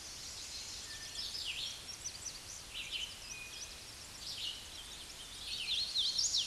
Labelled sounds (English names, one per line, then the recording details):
Red-eyed Vireo song
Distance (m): 25 m
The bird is about 20 m above the microphone
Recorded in a Pennsylvania forest on 16 May 2024 at 08:32
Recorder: AudioMoth, point MSD-0079
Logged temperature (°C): 16.1 °C
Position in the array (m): 165 m, 72 m